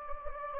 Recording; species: mosquito wingbeat signal from an infrared sensor; Anopheles gambiae